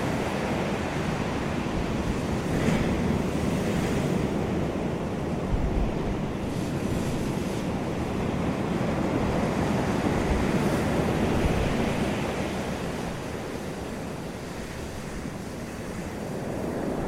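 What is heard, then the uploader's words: Ocean waves wash in a steady, dense rush, swelling gently around the middle, with faint wind buffeting the microphone throughout. The Most Relaxing Waves Ever - Ocean Sounds to Sleep and Chill.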